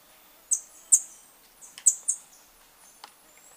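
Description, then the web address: Flame-faced tanager uttering very high, thin sibilant notes, a few sharp separate ticks spaced unevenly over a few seconds. Ecuador. "Birds of Ecuador Flame-faced Tanager"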